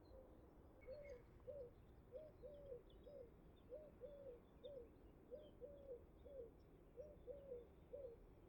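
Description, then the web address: Eurasian collared dove giving repeated triple coos, a hollow three-syllable phrase recurring at an even pace, with low rumbling noise underneath. Recorded during an educational listening workshop about the neighbourhood, in France. "ecoute de mon quartier tourterelle turque"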